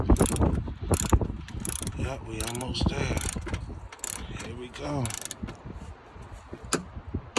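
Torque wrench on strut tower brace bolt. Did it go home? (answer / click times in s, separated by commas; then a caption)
yes / 6.7 s, 7.4 s. A click-type torque wrench set to 16 tightens a bolt on a GM strut tower brace on a 2016–2022 Camaro 2SS, with repeated ratcheting clicks while someone talks. The wrench clicks at 6.7 s and 7.4 s, signalling it has reached the 16 setting.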